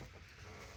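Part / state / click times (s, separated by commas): ignition coil wiring connector onto coil pack / not seated / none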